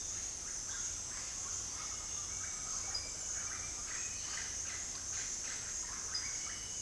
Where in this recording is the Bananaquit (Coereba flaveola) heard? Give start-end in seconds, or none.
none